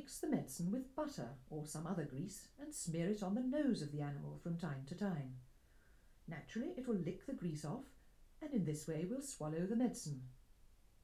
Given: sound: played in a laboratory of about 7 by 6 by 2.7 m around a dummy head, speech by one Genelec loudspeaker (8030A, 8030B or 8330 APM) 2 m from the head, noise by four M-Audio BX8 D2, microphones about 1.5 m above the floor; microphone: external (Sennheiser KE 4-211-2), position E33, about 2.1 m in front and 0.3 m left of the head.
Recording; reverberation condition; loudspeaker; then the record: female speech in English; low; 30 degrees to the right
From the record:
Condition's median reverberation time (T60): about 310 ms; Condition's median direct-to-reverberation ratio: about 3.5 dB